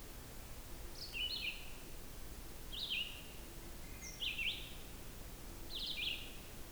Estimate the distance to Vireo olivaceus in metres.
about 45 m